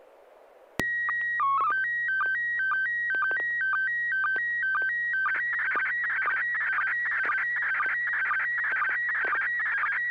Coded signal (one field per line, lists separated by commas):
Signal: SSTV (slow-scan television)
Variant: PD 120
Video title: N6NA SSTV Net - 03/04/2026